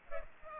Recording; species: mosquito wingbeat signal from an infrared sensor; Culex pipiens